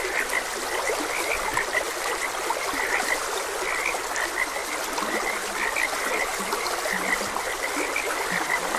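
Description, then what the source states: Frogs calling in a dense, overlapping chorus of short croaks, with a flowing stream hissing steadily underneath. Frogs croaking beside a gentle stream.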